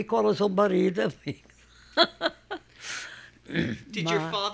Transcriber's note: she laughs